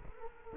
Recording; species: mosquito wingbeat signal from an infrared sensor; Culex quinquefasciatus